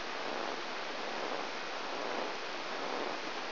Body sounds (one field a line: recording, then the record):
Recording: brain microelectrode recording played as sound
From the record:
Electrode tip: inside the subthalamic nucleus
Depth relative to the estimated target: 2 mm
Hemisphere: left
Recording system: AlphaMap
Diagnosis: Parkinson's disease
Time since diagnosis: 9 years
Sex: female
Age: 63 years